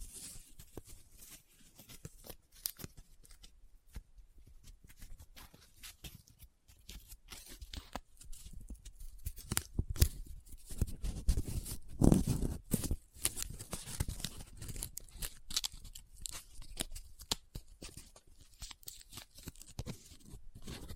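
Paper being folded, rubbed and crinkled up close, with dense runs of sharp crackles and scratches. The handling starts sparse and grows busier and louder after about eight seconds, peaking around ten to thirteen seconds with thick rustling bursts before easing slightly.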